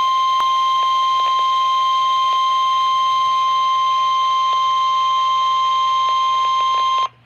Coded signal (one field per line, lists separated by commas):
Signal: Emergency Alert System (SAME) tones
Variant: 1050 Hz attention tone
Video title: Required Weekly Test | EAS #91